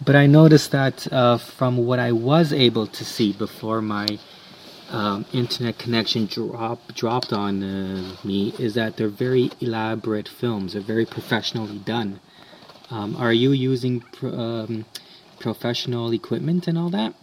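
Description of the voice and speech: Adult male conversational speech with stuttering: a long block on the first sound of 'professional', a repeated word ('dropped dropped') and stretched sounds.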